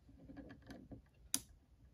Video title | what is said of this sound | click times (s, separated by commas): Trapped in Vipertek Handcuffs | we hear that little click there and then we'll go on the right side and turn to the right and there we have it | 1.3 s